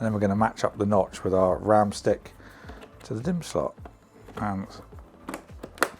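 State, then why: Seated. A RAM stick, its notch lined up with the motherboard DIMM slot, is pushed down until the retention latch snaps shut while someone talks. Several small taps and clicks are heard near the end, with a sharp, loud click at 5.8 s as the stick seats in the slot.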